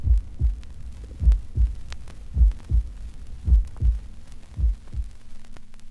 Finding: Human heartbeats.